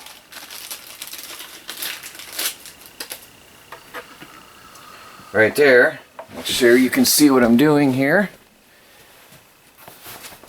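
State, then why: Not seated. A plastic ventilation screen (fresh air intake) is handled at its hole in the plastic housing of an Airhead composting toilet, with crinkling and several short sharp handling ticks in the first four seconds. Someone talks in the middle of the clip, and nothing has seated or clicked yet.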